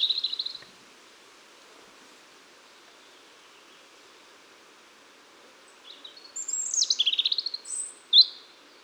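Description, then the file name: European robin song: a brief high twittering phrase at the start, a long pause, then a longer tumbling phrase of thin, varied, high notes near the end. "Erithacus rubecula"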